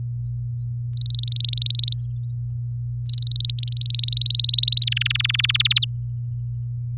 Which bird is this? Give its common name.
Domestic Canary